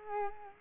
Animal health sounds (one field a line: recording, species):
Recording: mosquito wingbeat signal from an infrared sensor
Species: Culex quinquefasciatus